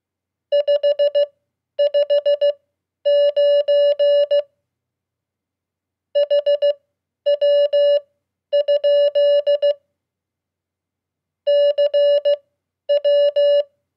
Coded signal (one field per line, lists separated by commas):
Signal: Morse code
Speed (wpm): 16 wpm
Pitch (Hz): 580 Hz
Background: none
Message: 559 HW? CW